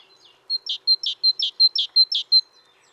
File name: Parus major